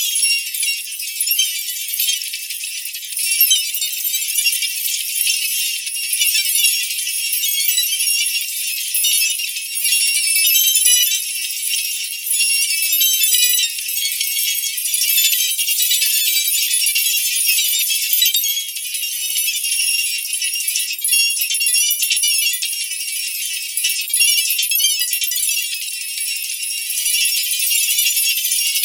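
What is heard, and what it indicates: A steady, high-pitched hiss with a shimmering, fluttering texture runs throughout, with no low-pitched sound at all. This is a synthetic tinnitus masker of the distractor type, designed to cover or draw attention away from ringing in the ears.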